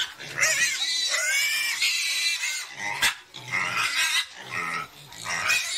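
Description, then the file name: Pig letting out high, wavering squeals mixed with deep repeated grunts, and a sharp click near the middle. "Tieng heo keu"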